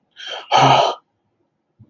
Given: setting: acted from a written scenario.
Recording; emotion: vocal sound without words; negative surprise